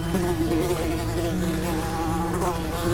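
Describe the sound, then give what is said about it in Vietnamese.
Steady, continuous buzzing of flies, a dense droning hum with wavering harmonic tones rising and falling in pitch throughout, fairly loud and with no voices. “Xung quanh tôi, những tiếng vo ve lại nổi lên.”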